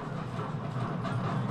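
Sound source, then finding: Fetus by Doppler ultrasound. Fetal heart sounds.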